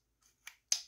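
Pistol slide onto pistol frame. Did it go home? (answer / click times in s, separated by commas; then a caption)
yes / 0.5 s, 0.7 s. During reassembly of a Browning Buck Mark .22 pistol, the metal slide is pushed onto the frame, with a faint slide at about 0.2 s followed by two sharp snaps at 0.5 s and 0.7 s, the second much louder. The slide snaps up into its seated position.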